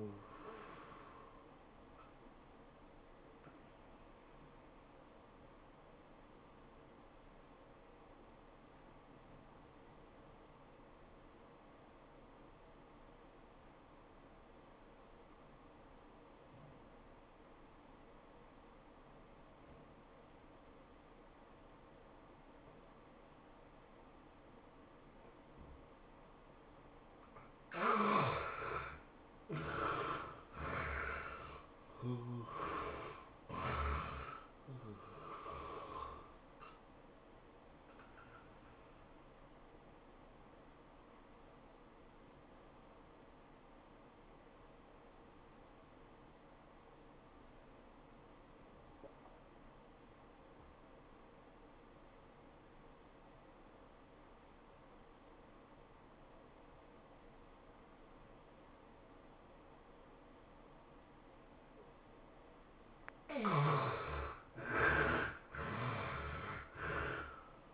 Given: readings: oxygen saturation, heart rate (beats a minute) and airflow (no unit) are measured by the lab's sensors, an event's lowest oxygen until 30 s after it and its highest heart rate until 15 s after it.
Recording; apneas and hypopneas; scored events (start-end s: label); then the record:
breathing in sleep by a voice recorder at the bedside; 2
6.00-28.00 s: obstructive apnea (N2, oxygen 96% highest, then 73% lowest, heart rate 91 at the start, 107 highest)
43.00-63.00 s: obstructive apnea (N2, oxygen 96% highest, then 72% lowest, heart rate 92 at the start, 109 highest)
From the record:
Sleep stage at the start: N2 (light sleep); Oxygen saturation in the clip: 71 to 96%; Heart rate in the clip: 81 to 109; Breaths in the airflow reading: 8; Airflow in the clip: -14.2 to 17.1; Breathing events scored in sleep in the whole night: 403 in 5.5 hours asleep